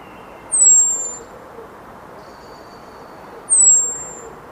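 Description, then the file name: Common blackbird call: a thin, very high whistle sliding downward, given twice about three seconds apart, over a steady low background rumble. "Turdus merula"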